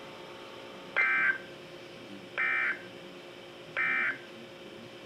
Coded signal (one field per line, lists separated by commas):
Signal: Emergency Alert System (SAME) tones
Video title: Flash Flood Warning on KEC56 (EAS #1123)